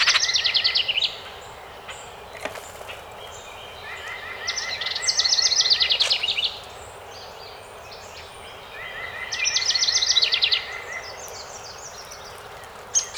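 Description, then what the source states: House wren song repeated three times, each a rapid cascade of buzzy trills and chatters, separated by pauses of a few seconds; faint clicks in the background. Recorded on 12 May 2018.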